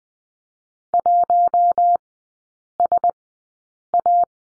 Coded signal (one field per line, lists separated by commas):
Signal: Morse code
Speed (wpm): 19 wpm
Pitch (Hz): 700 Hz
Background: none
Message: 1SA